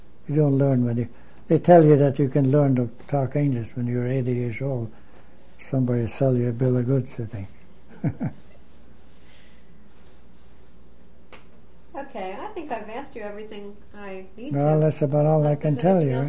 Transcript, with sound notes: You don't learn when they, they tell you that you can learn to talk English when you're eighty years old, somebody selling you a bill of goods, I think. (he laughs)
Okay. I think I've asked you everything I need to.
Well, that's about all I can tell you.